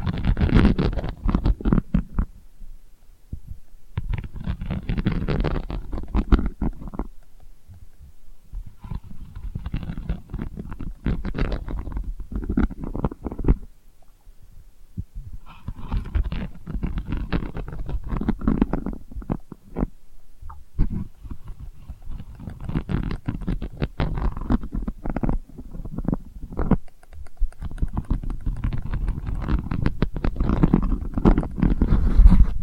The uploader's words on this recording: ASMR Delicate Scratching for Sleep (No Talking).